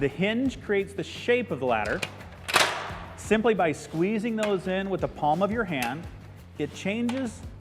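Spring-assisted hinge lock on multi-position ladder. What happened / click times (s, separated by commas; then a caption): Handled, not yet home: ladder hinge locks being squeezed, nothing seated yet / none. Someone talks while handling the spring-assisted hinge locks on a multi-position ladder (a Little Giant Velocity with Ratchet Levelers), squeezing the hinge locks in with the palm of the hand to change the ladder's shape. A sharp metallic knock is heard at about 2.6 s. Nothing has seated or clicked yet; the hinge is handled but not yet locked into position.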